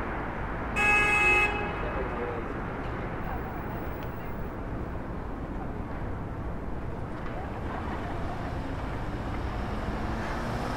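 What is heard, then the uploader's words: Steady low traffic rumble from the Brooklyn street corner, with a sharp car horn honk near the start and faint voices underneath. 179 Starr Street Rooftop (Starr Street & Irving Ave, Brooklyn) Facing Maria Hernandez Park. Wind: 7mph North East. Rooftop recording facing Maria Hernandez park at sunset.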